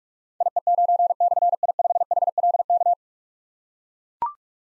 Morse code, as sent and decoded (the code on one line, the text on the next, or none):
.. . ----. -..-. .. ..... .... .-.. -.-
IE9/I5HLK